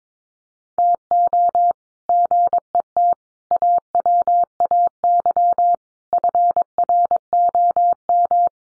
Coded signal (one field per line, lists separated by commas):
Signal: Morse code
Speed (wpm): 22 wpm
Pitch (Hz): 700 Hz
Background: none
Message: TO GET AWAY FROM